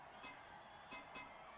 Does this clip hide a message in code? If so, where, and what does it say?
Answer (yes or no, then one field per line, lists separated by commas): no